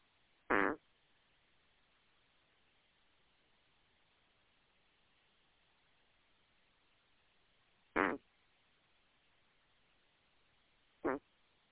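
Three brief, rough, fluttering snorts sound over about twelve seconds, spaced irregularly with quiet between them. This is a sleeping cat snoring, with noisy airflow vibrating through the upper airway on some breaths.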